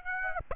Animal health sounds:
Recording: mosquito wingbeat signal from an infrared sensor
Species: Aedes aegypti

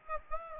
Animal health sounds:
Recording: mosquito wingbeat signal from an infrared sensor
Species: Aedes aegypti

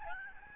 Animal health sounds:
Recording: mosquito wingbeat signal from an infrared sensor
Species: Aedes albopictus

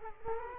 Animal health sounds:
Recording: mosquito wingbeat signal from an infrared sensor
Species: Culex quinquefasciatus

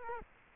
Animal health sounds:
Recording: mosquito wingbeat signal from an infrared sensor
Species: Culex quinquefasciatus

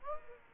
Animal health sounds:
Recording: mosquito wingbeat signal from an infrared sensor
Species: Aedes aegypti

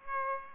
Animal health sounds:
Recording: mosquito wingbeat signal from an infrared sensor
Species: Aedes aegypti

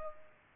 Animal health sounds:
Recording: mosquito wingbeat signal from an infrared sensor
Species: Culex pipiens

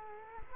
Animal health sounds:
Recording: mosquito wingbeat signal from an infrared sensor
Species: Culex quinquefasciatus

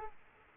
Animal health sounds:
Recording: mosquito wingbeat signal from an infrared sensor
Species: Culex quinquefasciatus

